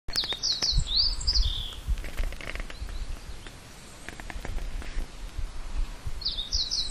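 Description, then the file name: Small bird chirping: a rapid string of high, falling tweets at the opening, then softer notes and a brief return of the chirps at the close, over low rumbling noise. "kotori"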